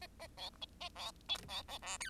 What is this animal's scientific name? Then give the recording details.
Lonchura striata domestica. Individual Bird10